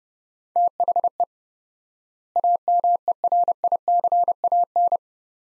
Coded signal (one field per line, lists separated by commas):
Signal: Morse code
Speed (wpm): 32 wpm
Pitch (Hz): 700 Hz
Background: none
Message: THE AMERICAN